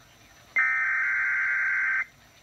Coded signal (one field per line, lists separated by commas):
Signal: Emergency Alert System (SAME) tones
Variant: header bursts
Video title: EAS 139 BOSTON SPECIAL MARINE WARNING